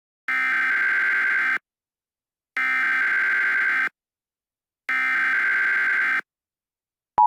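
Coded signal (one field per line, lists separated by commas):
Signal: Emergency Alert System (SAME) tones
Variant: header bursts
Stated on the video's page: Fictional tornado outbreak scenario made with valid EAS tones.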